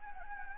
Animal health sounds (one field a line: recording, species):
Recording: mosquito wingbeat signal from an infrared sensor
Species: Anopheles gambiae